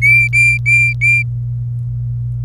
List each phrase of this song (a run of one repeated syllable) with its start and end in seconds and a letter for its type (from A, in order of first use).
0.02-1.23 A